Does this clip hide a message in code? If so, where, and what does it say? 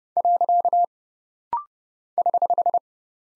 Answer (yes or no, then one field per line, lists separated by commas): yes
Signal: Morse code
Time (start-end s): 0.2-2.8 s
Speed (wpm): 30 wpm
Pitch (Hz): 700 Hz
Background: none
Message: . <HH>